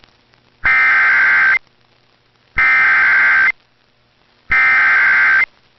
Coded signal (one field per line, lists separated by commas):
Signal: Emergency Alert System (SAME) tones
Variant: header bursts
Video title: Two State Trouble | EAS Alerts from June 21st, 2023 (EAS #2642-2654)